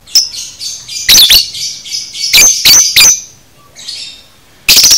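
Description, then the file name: Lovebird chatter: bursts of piercing, high squeaky notes in quick clusters, then a pause of faint twittering before another harsh burst at the end. Masteran lovebird sounds, made for training cage birds. "masteran lovebird paud"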